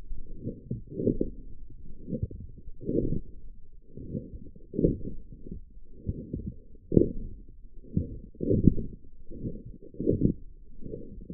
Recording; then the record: forearm muscle sounds (acoustic myography)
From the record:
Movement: forearm pronation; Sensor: system 1, eight BSWA MPA416 microphones around the upper forearm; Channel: 7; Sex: male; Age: 21 years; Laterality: right